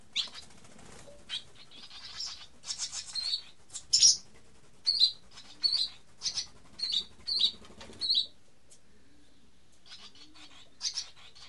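Barn swallow calls, sharp high chirps and twitters in irregular bursts, some clustered closely, with soft rustling and faint low sounds between.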